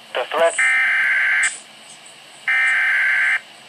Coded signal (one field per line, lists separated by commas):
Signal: Emergency Alert System (SAME) tones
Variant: header bursts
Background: speech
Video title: Tornado Warning (EAS #31) (6/23/16)